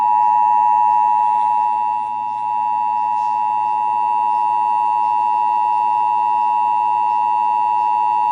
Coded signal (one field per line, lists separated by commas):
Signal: Emergency Alert System (SAME) tones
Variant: 853 and 960 Hz attention tone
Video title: (EAS #573-583) March 2024 Texas Required Monthly Test